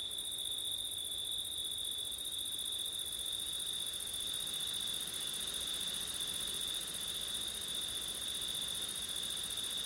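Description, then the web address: Crickets chirring steadily in two continuous high layers of trilling that never pause. Crickets on a windy September night; ORTF stereo. "audio crickets wind september night ortif"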